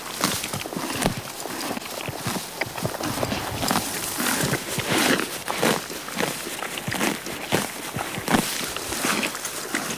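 Horse eating grass, a steady run of dry crunching and ripping sounds, with occasional stronger bites spread through the stretch.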